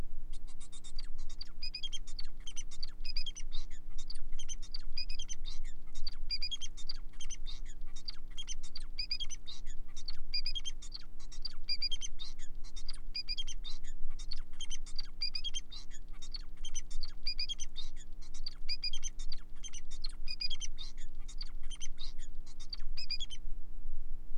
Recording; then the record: song of a male Bengalese finch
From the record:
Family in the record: son of father 4